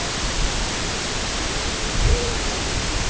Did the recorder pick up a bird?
no